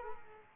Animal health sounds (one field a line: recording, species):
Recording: mosquito wingbeat signal from an infrared sensor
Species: Culex quinquefasciatus